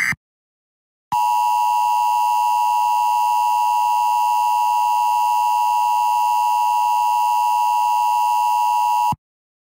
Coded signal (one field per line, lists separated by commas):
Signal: Emergency Alert System (SAME) tones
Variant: 853 and 960 Hz attention tone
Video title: Silent Blizzard - An EAS Scenario